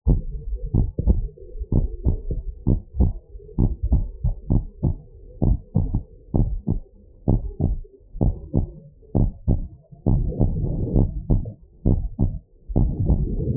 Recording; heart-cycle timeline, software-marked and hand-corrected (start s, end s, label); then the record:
heart sounds
0.00	0.06	systole
0.06	0.20	S2
0.20	0.76	diastole
0.76	0.88	S1
0.88	1.06	systole
1.06	1.20	S2
1.20	1.74	diastole
1.74	1.88	S1
1.88	2.06	systole
2.06	2.18	S2
2.18	2.68	diastole
2.68	2.78	S1
2.78	2.98	systole
2.98	3.12	S2
3.12	3.60	diastole
3.60	3.72	S1
3.72	3.90	systole
3.90	4.04	S2
4.04	4.52	diastole
4.52	4.64	S1
4.64	4.84	systole
4.84	4.94	S2
4.94	5.44	diastole
5.44	5.58	S1
5.58	5.76	systole
5.76	5.88	S2
5.88	6.36	diastole
6.36	6.50	S1
6.50	6.68	systole
6.68	6.80	S2
6.80	7.28	diastole
7.28	7.42	S1
7.42	7.62	systole
7.62	7.76	S2
7.76	8.22	diastole
8.22	8.34	S1
8.34	8.56	systole
8.56	8.66	S2
8.66	9.16	diastole
9.16	9.30	S1
9.30	9.48	systole
9.48	9.60	S2
9.60	10.12	diastole
10.12	10.26	S1
10.26	10.42	systole
10.42	10.52	S2
10.52	10.94	diastole
10.94	11.08	S1
11.08	11.30	systole
11.30	11.42	S2
11.42	11.90	diastole
11.90	12.02	S1
12.02	12.20	systole
12.20	12.30	S2
12.30	12.78	diastole
12.78	12.92	S1
12.92	13.08	systole
13.08	13.20	S2
13.20	13.56	diastole
From the record:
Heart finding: normal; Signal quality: good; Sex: male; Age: 52 years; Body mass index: 27.7